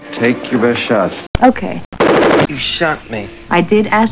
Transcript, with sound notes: Take your best shot.
Okay.
[gunshot sounds] You shot me.
I did as told.